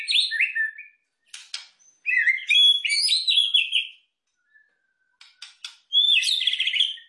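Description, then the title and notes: White-eye song in bright, twittering phrases of quick warbled notes with gaps between bursts and a few scattered clicks. Masteran training recording of a pleci white-eye singing mimicry of canary, bren cicada and ciblek prinia songs; used as a bird-luring sound. "Masteran Pleci Nembak Kenari Bren Ciblek. Suara Pikat Burung Pilihan"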